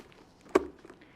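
A Miele GN dust bag's collar, with its two arrows lined up with the canister, is pushed into the bag holder of a Miele Marin Complete C3 canister vacuum cleaner. A single sharp pop at 0.6 s, brighter than the faint taps and rustles around it, marks the bag seating in place.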